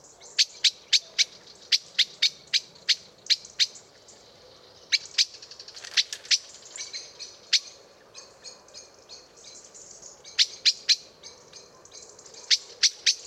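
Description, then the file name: Common blackbird uttering long runs of sharp chink calls in bursts, pausing between series, with softer chips and faint high twittering in the gaps. "Turdus merula"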